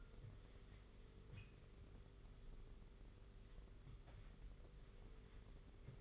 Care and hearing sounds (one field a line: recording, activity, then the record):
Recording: daily activity, microphone in the room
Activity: wipe stove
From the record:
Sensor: 4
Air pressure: 991.2 hPa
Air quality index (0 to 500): 162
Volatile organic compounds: 154 ppm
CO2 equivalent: 4042 ppm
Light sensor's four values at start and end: 24/79/29/30 and 24/79/29/30